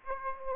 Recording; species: mosquito wingbeat signal from an infrared sensor; Aedes aegypti